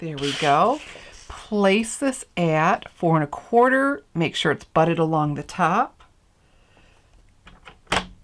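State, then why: Seated. Someone talks while card stock is placed at the 4 1/4 inch mark on a paper trimmer and butted along the top. After a quiet pause, a few faint ticks lead into a sharp plastic click at 7.9 s as the trimmer's cutting rail is pressed down onto the base and locks in place.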